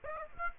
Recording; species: mosquito wingbeat signal from an infrared sensor; Aedes aegypti